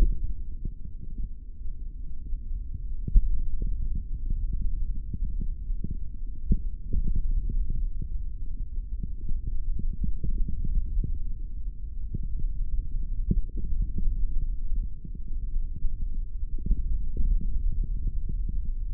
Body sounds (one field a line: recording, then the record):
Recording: forearm muscle sounds (acoustic myography)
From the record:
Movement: hand opening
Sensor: system 3, bracelet of six PUI Audio POM-2738L microphones around the upper forearm, with dedicated amplification and filtering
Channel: 4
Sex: male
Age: 23 years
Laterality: right